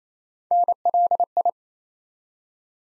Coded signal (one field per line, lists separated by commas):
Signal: Morse code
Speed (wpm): 28 wpm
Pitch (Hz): 700 Hz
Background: none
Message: NLI